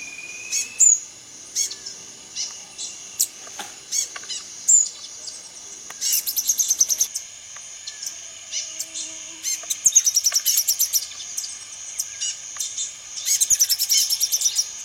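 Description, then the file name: Rufous-headed tanager song: very high, thin notes in repeated bursts, some delivered as rapid trilled runs, with a lower whistle early on and a soft insect-like hiss behind. "canto da saira ferrugem"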